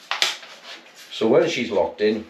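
An adjustable AR-style buttstock on the buffer tube of a Steambow AR-6 Stinger II crossbow is extended to a longer position and locks into its detent, with sharp clicks at 0.1 s and 0.2 s. Someone then talks.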